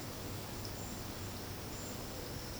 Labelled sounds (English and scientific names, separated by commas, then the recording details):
none
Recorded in secondary vegetation near Puerto Asís, Putumayo, Colombia, on 19 February 2024 at 10:30
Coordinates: 0.472, -76.331
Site G6371